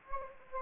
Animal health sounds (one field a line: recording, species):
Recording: mosquito wingbeat signal from an infrared sensor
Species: Anopheles gambiae